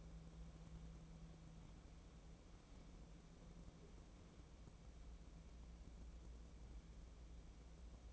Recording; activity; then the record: daily activity, microphone in the room; wipe stove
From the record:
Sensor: 1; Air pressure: 1012.4 hPa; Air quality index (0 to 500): 157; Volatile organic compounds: 2 ppm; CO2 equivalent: 1287 ppm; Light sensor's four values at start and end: 741/1630/752/867 and 734/1618/745/858